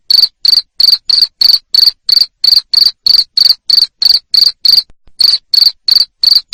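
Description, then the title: Cricket with piercing chirps repeated about three times a second, a steady train interrupted by one short pause before the final few. Loud cricket chirping played to stimulate lovebirds to keep singing (ngekek). "Suara JANGKRIK NGERIK Keras Bikin LOVEBIRD Jadi NGEKEK Terus Vubey"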